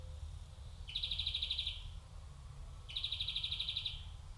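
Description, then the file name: European greenfinch calling with two rapid, evenly pulsed trills, each lasting about a second and spaced two seconds apart, against low background rumble. "Chloris chloris"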